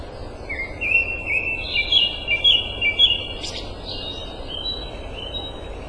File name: grey thrush